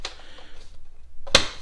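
A spring clip on the plastic air box lid of a 2007 Dodge Ram pickup truck is snapped shut by hand after a new K&N air filter is fitted, closing the lid so the box is sealed and no unfiltered air gets in. After a faint tick at the start and a low rustle, a sharp, bright snap rings out at 1.4 s. The clip snaps closed and the lid is seated.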